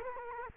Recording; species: mosquito wingbeat signal from an infrared sensor; Culex quinquefasciatus